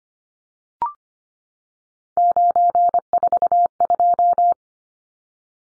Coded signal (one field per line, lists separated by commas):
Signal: Morse code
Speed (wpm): 25 wpm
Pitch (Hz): 700 Hz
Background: none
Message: 942